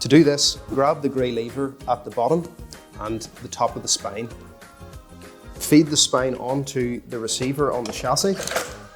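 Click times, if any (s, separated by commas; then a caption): none. Someone talks over background music while the spine of a MyWay+ walker is held by the gray lever at its bottom and by its top and fed onto the receiver on the walker chassis. Nothing has seated or clicked into place yet.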